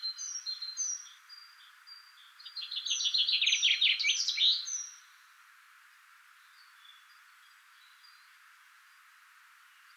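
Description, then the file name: Common chaffinch song, a rapid rattling series that descends before a flourish; it follows high clear whistled notes at the start, with quiet whistles afterwards. "Fringilla coelebs"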